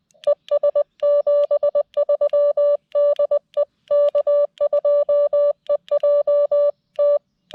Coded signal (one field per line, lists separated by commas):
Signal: Morse code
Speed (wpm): 19 wpm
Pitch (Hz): 590 Hz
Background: music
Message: ES 73 DE K2EJT